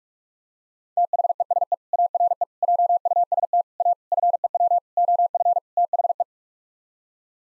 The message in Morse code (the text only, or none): THESE ARE JUST A FEW OF THE